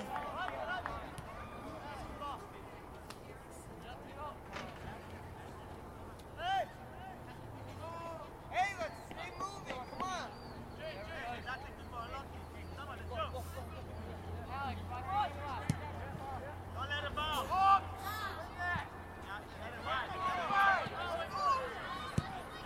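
Voices carry across an open field at a soccer game, a steady murmur of chatter with occasional louder calls and shouts, especially near 6, 17 and 20 seconds. A low engine-like hum runs underneath through the middle, with faint outdoor noise throughout.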